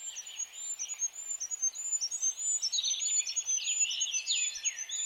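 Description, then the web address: Bird sounds throughout: a steady, rapid chain of piercing high notes alongside descending, slurred chirps, continuous for five seconds. "cianscape birddata Deverinetal 2025 Bird Only More Classes"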